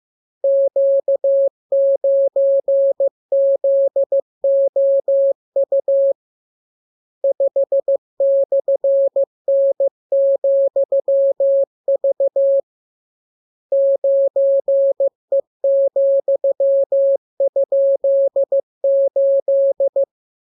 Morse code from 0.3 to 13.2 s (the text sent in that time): Q9ZOU 5/N,V